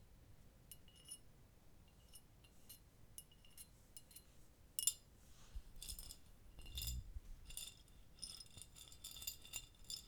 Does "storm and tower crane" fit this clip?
no